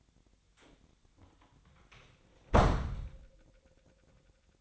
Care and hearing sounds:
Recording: daily activity, microphone in the room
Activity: close door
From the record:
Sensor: 3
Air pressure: 1007.2 hPa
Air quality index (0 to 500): 204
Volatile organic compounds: 18 ppm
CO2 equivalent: 2604 ppm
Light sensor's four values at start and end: 12/28/12/12 and 12/28/12/12

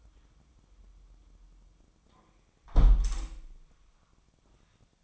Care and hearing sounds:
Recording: daily activity, microphone in the room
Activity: close window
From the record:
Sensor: 1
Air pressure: 1004.7 hPa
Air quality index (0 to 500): 101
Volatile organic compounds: 3 ppm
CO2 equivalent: 1389 ppm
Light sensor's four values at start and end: 9/21/8/9 and 8/20/8/9

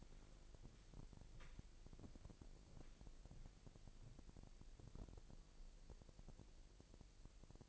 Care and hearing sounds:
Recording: daily activity, microphone in the room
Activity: walk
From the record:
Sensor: 5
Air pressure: 1002.1 hPa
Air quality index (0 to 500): 245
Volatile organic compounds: 29 ppm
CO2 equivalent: 2946 ppm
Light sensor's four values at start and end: 35/82/34/37 and 35/83/34/37

